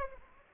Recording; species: mosquito wingbeat signal from an infrared sensor; Aedes aegypti